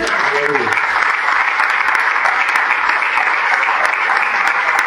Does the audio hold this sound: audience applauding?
yes